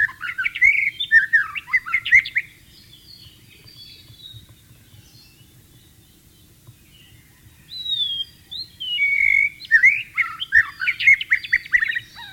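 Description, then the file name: White-rumped shama song: two bouts of varied whistled and chattering phrases separated by a quiet pause of several seconds. Wild bird, in the wild. "suara burung murai batu di alam liar"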